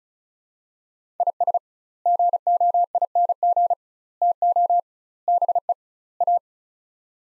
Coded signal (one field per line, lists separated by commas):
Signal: Morse code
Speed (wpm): 36 wpm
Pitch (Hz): 700 Hz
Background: none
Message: IS GOING TO BE A